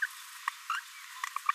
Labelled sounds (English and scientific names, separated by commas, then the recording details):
Green-rumped Parrotlet (Forpus passerinus) babbling
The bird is a female
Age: 22 days
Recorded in a nest box in Venezuela
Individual 17B42A2